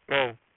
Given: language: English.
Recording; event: throat vibration sensor signal played as sound; speech